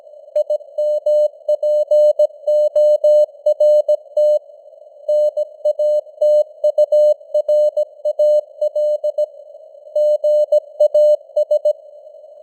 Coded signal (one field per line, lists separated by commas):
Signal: Morse code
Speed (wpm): 17 wpm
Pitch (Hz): 600 Hz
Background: none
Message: IMPORT NATURAL GAS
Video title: Morse Code News | 2025-11-16 | 17wpm